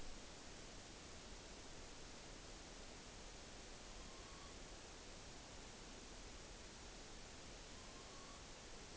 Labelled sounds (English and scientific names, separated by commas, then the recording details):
Morepork (Ninox novaeseelandiae) trill
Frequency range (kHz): Morepork (Ninox novaeseelandiae) 0.8-5.1 kHz
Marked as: faintness 4/5
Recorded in New Zealand on 9 October 2013
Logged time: 17:00
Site Ponui